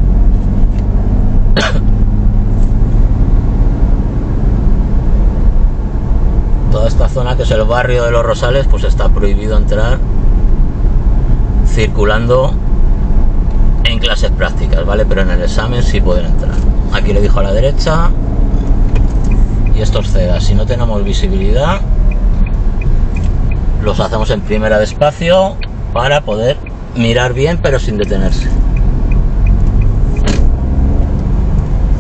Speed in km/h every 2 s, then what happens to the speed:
25, 27, 29, 28, 28, 28, 28, 29, 27, 26, 21, 14, 1, 4, 11, 18.
0-15 steady at about 28. 15-24 slows to 1. 24-32 pulls away to 18.